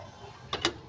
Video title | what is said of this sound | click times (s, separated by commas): Suzuki every wagon nag lock ang gulong | Yan lock na siya. | 0.5 s, 0.6 s